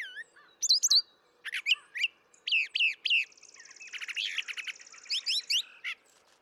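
Brown thrasher song: a rich run of varied whistled and buzzy phrases, many given in pairs, jumping between high and mid pitches with short pauses.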